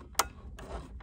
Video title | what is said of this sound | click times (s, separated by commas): THREE BERNINA Models Ready to Ship Direct to YOU! | and now see how everything is spinning nicely so that is clicked right into place | 0.2 s